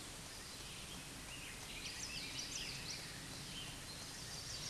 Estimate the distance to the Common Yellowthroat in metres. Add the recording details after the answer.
about 80 m. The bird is about 5 m above the microphone. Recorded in a Pennsylvania forest on 16 May 2024 at 09:20. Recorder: AudioMoth, point MSD-0475. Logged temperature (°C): 12.3 °C. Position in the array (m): 78 m, -39 m